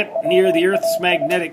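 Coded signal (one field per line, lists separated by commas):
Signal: Morse code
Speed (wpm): 25 wpm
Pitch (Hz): 660 Hz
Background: speech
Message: WAS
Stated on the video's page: Morse heard on the 28 MHz band as it begins to fade out, with a geomagnetic storm possibly imminent.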